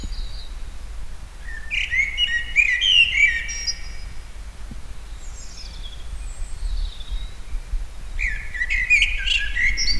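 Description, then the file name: Common blackbird giving squeaky chirping notes in two bursts, one early and one near the end, over a steady low rumble of background noise. "Turdus merula"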